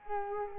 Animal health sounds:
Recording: mosquito wingbeat signal from an infrared sensor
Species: Culex quinquefasciatus

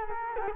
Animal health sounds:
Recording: mosquito wingbeat signal from an infrared sensor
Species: Culex quinquefasciatus

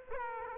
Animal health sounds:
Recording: mosquito wingbeat signal from an infrared sensor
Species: Aedes aegypti

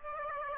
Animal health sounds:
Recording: mosquito wingbeat signal from an infrared sensor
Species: Aedes aegypti

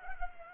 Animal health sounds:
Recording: mosquito wingbeat signal from an infrared sensor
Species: Culex pipiens

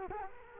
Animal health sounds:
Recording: mosquito wingbeat signal from an infrared sensor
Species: Culex quinquefasciatus

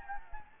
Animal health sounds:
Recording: mosquito wingbeat signal from an infrared sensor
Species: Anopheles gambiae

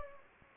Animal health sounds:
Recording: mosquito wingbeat signal from an infrared sensor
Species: Anopheles gambiae

